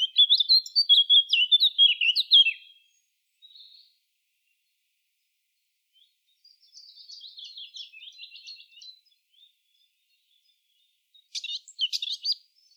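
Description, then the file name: Eurasian blackcap warbling briefly at the start, followed after pauses by a softer scratchy twitter and a short sharp burst of high notes near the end. "Sylvia atricapilla"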